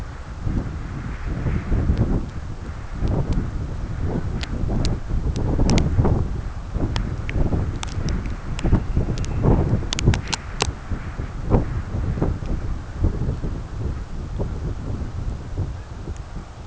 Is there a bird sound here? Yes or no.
yes